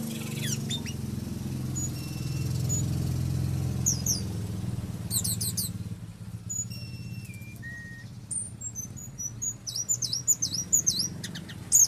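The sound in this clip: Oriental magpie-robin giving thin drawn-out whistles stepping downward, then a burst of quick high chirps, over a steady low hum.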